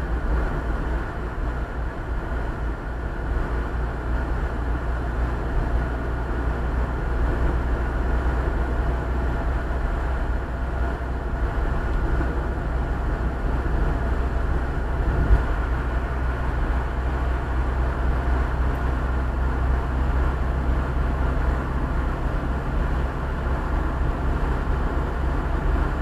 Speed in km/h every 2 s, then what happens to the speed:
58, 57, 57, 59, 60, 60, 60, 60, 61, 62, 63, 65, 65.
0-26 steady at about 60.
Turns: none.